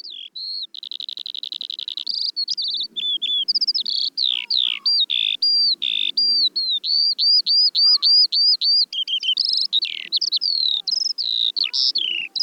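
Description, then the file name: Eurasian skylark delivering a rapid, unbroken song of trills, repeated sharp chirps and whistled notes, high and lively throughout. "veldleeuwerik"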